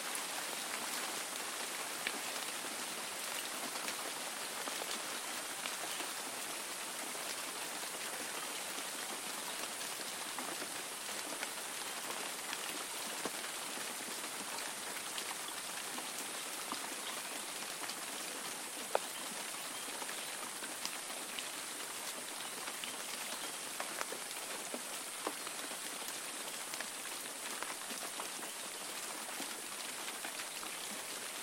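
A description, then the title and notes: A morning spring downpour hisses steadily and densely, bright, with frequent sharp drop ticks and almost no low rumble throughout. A video and audio recording of a morning downpour for 30 min was made in the St. Spring Rain.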